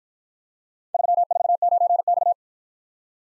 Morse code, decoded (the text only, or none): 349X